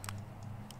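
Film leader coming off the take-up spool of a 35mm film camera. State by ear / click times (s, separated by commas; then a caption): released / 0.0 s, 0.1 s, 0.7 s. A 35mm film camera's rewind crank winds the film back into its canister until the film leader comes off the take-up spool. Small clicks sound at 0.0, 0.1 and 0.7 seconds over a steady low hum. The film end has released and finished winding up.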